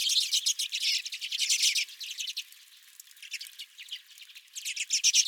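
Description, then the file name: Redpolls calling, loud rapid chips and buzzy trills at the start, a brief lull, then chattering resumes strongly. Several redpolls at the recordist's feeder. "Redpolls at My Feeder"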